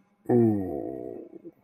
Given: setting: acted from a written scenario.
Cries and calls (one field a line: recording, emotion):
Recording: vocal sound without words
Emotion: contentment